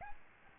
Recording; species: mosquito wingbeat signal from an infrared sensor; Aedes albopictus